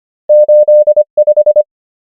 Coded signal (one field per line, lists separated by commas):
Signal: Morse code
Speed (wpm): 25 wpm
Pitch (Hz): 600 Hz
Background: none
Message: 8 5